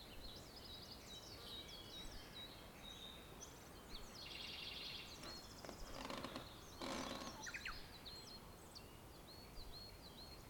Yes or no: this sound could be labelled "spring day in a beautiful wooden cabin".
yes